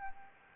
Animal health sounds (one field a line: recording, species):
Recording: mosquito wingbeat signal from an infrared sensor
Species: Anopheles gambiae